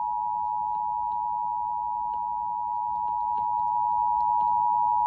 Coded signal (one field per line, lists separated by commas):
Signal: Emergency Alert System (SAME) tones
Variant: 853 and 960 Hz attention tone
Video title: A piece of some slight - Alerts from 6/30/24 (EAS #1115 - 1132)